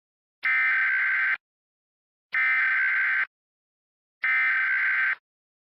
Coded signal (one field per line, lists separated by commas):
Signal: Emergency Alert System (SAME) tones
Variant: header bursts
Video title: EAS mock: 2Holiday